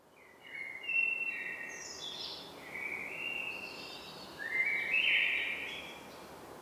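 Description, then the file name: Common blackbird song, three short mellow warbled phrases with thin high notes, about two seconds apart. "Turdus merula"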